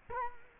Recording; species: mosquito wingbeat signal from an infrared sensor; Culex quinquefasciatus